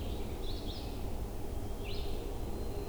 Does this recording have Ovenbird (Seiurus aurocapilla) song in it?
no